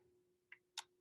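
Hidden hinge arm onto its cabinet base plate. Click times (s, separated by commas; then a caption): 0.8 s. A concealed cabinet door hinge arm is clipped onto its small mounting base plate on the cabinet side, over a steady low hum. A faint tick at 0.5 s is followed by a sharper, louder click at 0.8 s as the hinge seats on the plate. The hinge is confirmed fully installed, with its button staying out rather than recessed.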